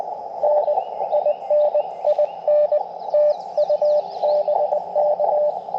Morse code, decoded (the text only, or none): N IN IN TU BK